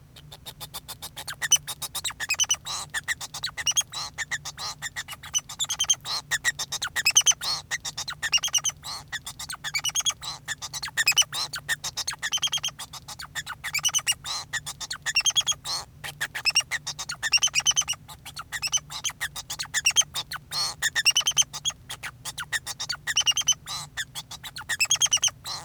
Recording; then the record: song of a male Bengalese finch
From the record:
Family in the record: son of father 2